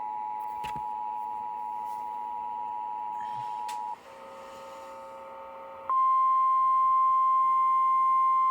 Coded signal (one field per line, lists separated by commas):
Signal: Emergency Alert System (SAME) tones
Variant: 853 and 960 Hz attention tone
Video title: Tornado Watch#521 #2 EAS#114